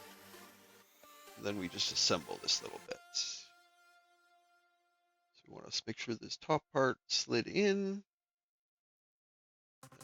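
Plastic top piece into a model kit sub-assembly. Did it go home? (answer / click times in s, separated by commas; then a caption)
yes / 9.8 s. A plastic top piece is slid into position and pressed home on a sub-assembly of an MG Gundam Deathscythe Hell plastic model kit while someone talks over background music. After a stretch of near silence, a sharp click at 9.8 s, followed by a few quieter ticks, marks the part snapping into place in front.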